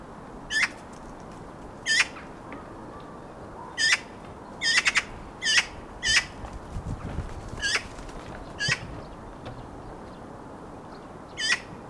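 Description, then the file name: Eurasian magpie giving harsh, rasping chatter notes, single and in short doubled bursts, spaced irregularly, over steady low background rumble. "Pica pica"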